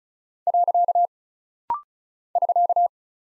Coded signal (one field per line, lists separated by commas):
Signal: Morse code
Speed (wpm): 36 wpm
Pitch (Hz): 700 Hz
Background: none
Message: . <SK>